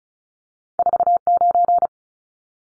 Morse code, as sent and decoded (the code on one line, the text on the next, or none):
....- ----.
49